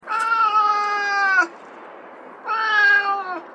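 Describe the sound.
Cat meowing twice: two long, steady, slightly falling meows, each over a second long, separated by a short pause.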